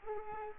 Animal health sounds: mosquito wingbeat signal from an infrared sensor; Culex quinquefasciatus

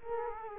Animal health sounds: mosquito wingbeat signal from an infrared sensor; Culex quinquefasciatus

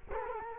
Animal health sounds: mosquito wingbeat signal from an infrared sensor; Culex quinquefasciatus

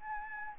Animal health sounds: mosquito wingbeat signal from an infrared sensor; Anopheles arabiensis

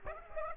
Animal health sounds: mosquito wingbeat signal from an infrared sensor; Aedes aegypti

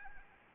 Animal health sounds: mosquito wingbeat signal from an infrared sensor; Anopheles gambiae

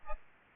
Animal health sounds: mosquito wingbeat signal from an infrared sensor; Aedes albopictus

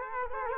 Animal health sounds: mosquito wingbeat signal from an infrared sensor; Culex quinquefasciatus

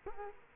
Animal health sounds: mosquito wingbeat signal from an infrared sensor; Culex quinquefasciatus

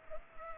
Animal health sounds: mosquito wingbeat signal from an infrared sensor; Culex pipiens

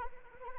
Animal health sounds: mosquito wingbeat signal from an infrared sensor; Anopheles arabiensis

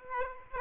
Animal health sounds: mosquito wingbeat signal from an infrared sensor; Aedes aegypti

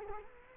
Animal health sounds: mosquito wingbeat signal from an infrared sensor; Culex quinquefasciatus

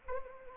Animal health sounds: mosquito wingbeat signal from an infrared sensor; Anopheles gambiae

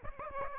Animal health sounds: mosquito wingbeat signal from an infrared sensor; Aedes aegypti

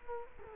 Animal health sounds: mosquito wingbeat signal from an infrared sensor; Culex quinquefasciatus

